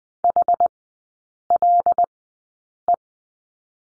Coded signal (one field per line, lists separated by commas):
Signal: Morse code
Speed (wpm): 20 wpm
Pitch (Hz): 700 Hz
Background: none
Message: HLE